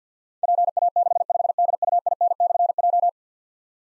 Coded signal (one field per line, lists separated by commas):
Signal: Morse code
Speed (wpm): 52 wpm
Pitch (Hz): 700 Hz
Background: none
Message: PA65DUIN/J